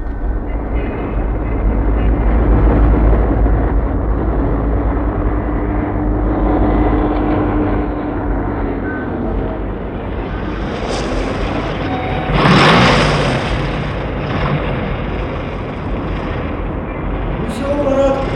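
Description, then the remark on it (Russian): A taxi's engine rumbles and grows as it approaches, its pitch sliding down as it slows and pulls up, followed by a short burst of hissing noise. “Вось і машина, пан.”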